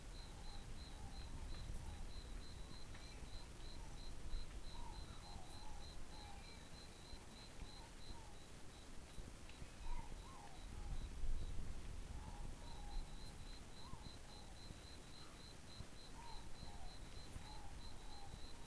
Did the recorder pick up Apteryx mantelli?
no